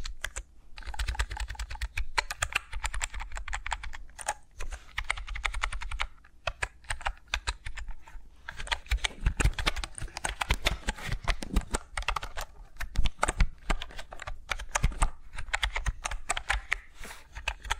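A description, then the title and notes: Fingers tap and scratch right around the microphones in dense, rapid bursts of crisp clicks that sound much like typing on a keyboard. Brief pauses break the flurries near 4, 6 and 12 seconds, and a soft low rumble runs steadily underneath. ASMR with Mics Around My Fingers (No Talking).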